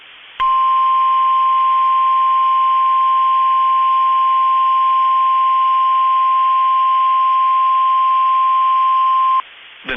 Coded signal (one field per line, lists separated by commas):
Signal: Emergency Alert System (SAME) tones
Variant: 1050 Hz attention tone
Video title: Two Severe Thunderstorm Warnings (EAS 2931 & 2932) 5/2/25